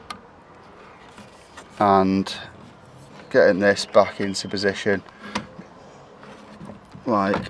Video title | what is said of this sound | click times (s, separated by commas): Ford Fiesta Door Speaker How To Remove and Replace | popping it back on, make sure it clicks in nicely, | 0.1 s